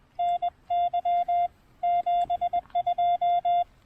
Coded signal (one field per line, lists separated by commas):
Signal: Morse code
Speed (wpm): 22 wpm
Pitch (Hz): 710 Hz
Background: none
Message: NY 72